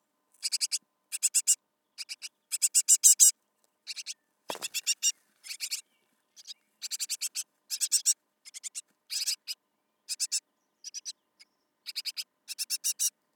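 Great tit calls, short bursts of harsh, high, clipped notes in quick groups with brief pauses between them; one low thump midway.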